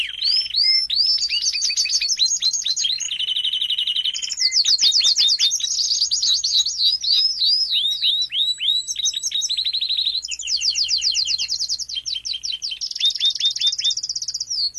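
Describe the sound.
Domestic canary song, continuous and loud: cascades of fast repeated chirps, rolled trills and buzzy tours switching pitch throughout.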